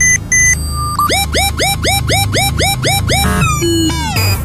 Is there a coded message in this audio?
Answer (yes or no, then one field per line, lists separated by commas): no